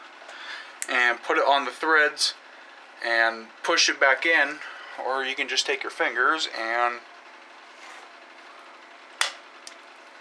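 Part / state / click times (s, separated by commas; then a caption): connector onto common rail injector / seated / 9.2 s. Someone talks while a connector is pushed back in over the threads of a Cummins common rail injector by hand, using fingers instead of a special tool. A loud click is heard at 9.2 s as the connector seats, confirming it is fully clicked in, since the click should be both heard and felt.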